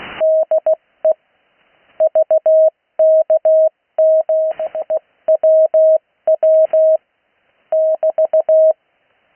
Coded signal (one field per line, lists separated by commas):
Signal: Morse code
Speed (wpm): 16 wpm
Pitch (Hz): 630 Hz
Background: none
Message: DE VKMEWW <BT>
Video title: Morse code practice recorded live on 80m 19-08-2026